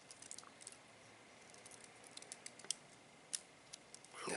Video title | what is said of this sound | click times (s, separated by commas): iPhone 6 Display Replacement by Dr. Smartphone | that's one when you hear that Snappy sound you know it's connected well | 2.7 s